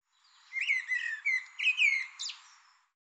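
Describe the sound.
Bird calling with a soft series of slurred chirps and whistles, ending on a brief harsher note.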